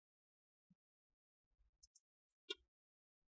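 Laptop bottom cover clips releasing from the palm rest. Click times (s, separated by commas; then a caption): 1.8 s, 2.0 s, 2.5 s. An opening tool is wedged between the plastic bottom cover and the palm rest of an Acer Aspire 3 A315-41 R7WT laptop and twisted to pop the plastic retaining clips loose. Two sharp, high-pitched clicks come at 1.8 s and 2.0 s, then a louder, fuller snap at 2.5 s, with soft low scraping and handling noise around them. The clips release, and the bottom cover comes free from the palm rest.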